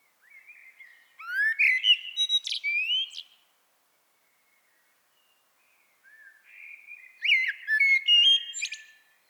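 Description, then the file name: Common blackbird song: two bursts of rich fluted warbling that end in sharp, squeaky high notes, with a quiet gap between them. "Turdus merula"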